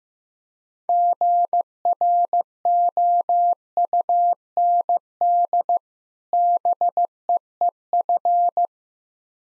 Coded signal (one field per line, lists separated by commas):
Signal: Morse code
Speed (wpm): 15 wpm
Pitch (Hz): 700 Hz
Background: none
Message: GROUND BEEF